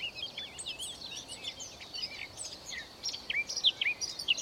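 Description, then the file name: Eurasian blackcap song: continuous, hurried warbling of scratchy and whistled notes, with brighter, clearer phrases near the close. "Sylvia atricapilla"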